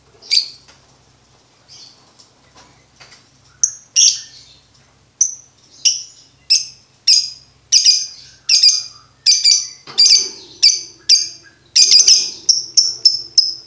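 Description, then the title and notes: Lovebird song: soft, scattered notes that build into a quickening series of loud, shrill chirps, ending in a rapid run. For birds to learn the ngekek song style. "MASTERAN BURUNG. Belajar Ngekek. lofbet"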